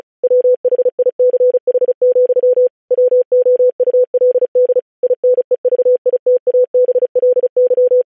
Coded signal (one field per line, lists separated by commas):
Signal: Morse code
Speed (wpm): 36 wpm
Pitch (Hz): 500 Hz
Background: none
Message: WHICH, WOULD INEVITABLY